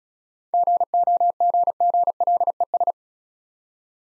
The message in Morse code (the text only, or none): GOGGLES